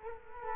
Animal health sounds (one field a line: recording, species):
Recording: mosquito wingbeat signal from an infrared sensor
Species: Culex quinquefasciatus